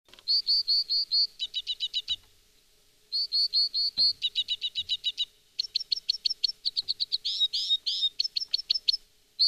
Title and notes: Kirjosiipikäpylintu. Viikon luontoäänen esitteli Pertti Koskimies